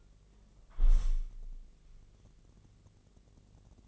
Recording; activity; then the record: daily activity, microphone in the room; close window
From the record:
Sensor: 4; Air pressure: 1013.0 hPa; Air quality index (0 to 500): 168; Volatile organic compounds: 2 ppm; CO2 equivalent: 1062 ppm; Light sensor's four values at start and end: 43/104/43/43 and 45/110/45/44